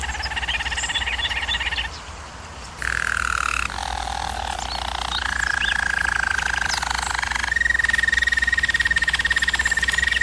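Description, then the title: German Roller canary delivering long, even rolls that change pitch every couple of seconds, with a brief dip near two seconds; low steady hum throughout. German Roller canary singing, recording made for canary training. "German Roller Canary Singing - Canary Training Vid"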